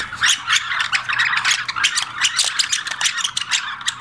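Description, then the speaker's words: European starlings calling together, a busy mix of rattling clicks, high squeals and whistled notes pouring out nonstop from many birds at once. A flock of starlings calling together. "A bunch of starlings together sound like this."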